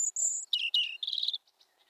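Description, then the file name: European robin song fragment: two high thin whistles followed by a quick burst of twittering notes. "vorosbegy"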